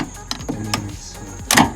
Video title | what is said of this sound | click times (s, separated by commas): 2014 Chrysler Town and Country Window Regulator Replacement: DIY | now it's locked. | 1.5 s